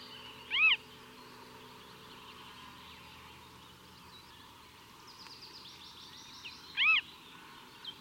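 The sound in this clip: Falcon calls: two short, arched notes about six seconds apart over a quiet, hissy background.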